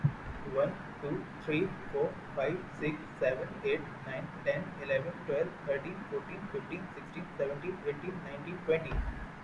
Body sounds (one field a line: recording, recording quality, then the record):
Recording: counting at a fast pace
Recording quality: moderate, slight background noise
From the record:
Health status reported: healthy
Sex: male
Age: 25 years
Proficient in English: yes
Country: India